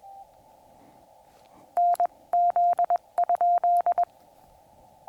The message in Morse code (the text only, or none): NZ ?